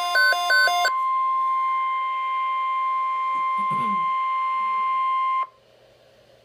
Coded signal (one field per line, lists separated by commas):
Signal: Emergency Alert System (SAME) tones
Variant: 1050 Hz attention tone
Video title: Flash Flood Watch - EAS #421